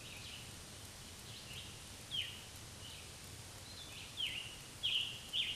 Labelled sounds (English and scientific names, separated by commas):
Scarlet Tanager (Piranga olivacea) song